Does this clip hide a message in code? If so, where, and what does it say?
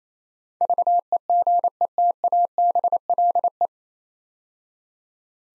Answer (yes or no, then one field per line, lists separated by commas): yes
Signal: Morse code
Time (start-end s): 0.6-3.7 s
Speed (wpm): 27 wpm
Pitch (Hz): 700 Hz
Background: none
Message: VEGETABLE